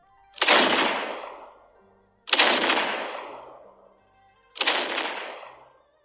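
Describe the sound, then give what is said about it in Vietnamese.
Three heavy cannon blasts fired from a fleet of navy ships at sea, each a sharp booming crack that rolls off into a long rumbling decay, spaced evenly under two seconds apart with no voices. “Tiếng pháo chói tai vang lên, tựa như là sấm động giữa trời quang.”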